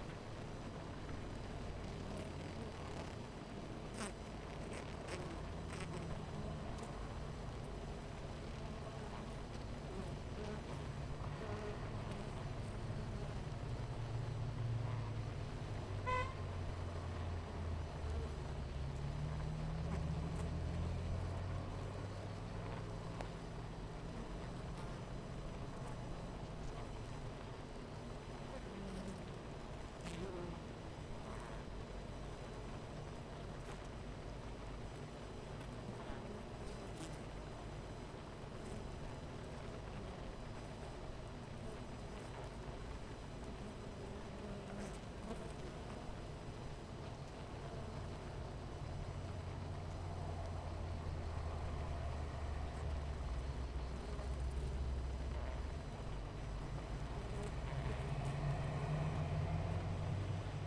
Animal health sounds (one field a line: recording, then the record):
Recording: honeybee colony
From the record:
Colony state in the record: missing queen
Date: 14 July 2017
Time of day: 9:41